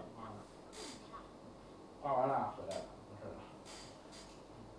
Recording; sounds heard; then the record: poultry house recording; no chicken sound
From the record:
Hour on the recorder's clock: 15